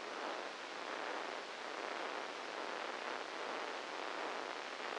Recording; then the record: brain microelectrode recording played as sound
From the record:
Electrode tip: inside the subthalamic nucleus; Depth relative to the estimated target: 2 mm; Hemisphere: right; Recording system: NeuroSet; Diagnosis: Parkinson's disease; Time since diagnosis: 8 years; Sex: male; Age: 59 years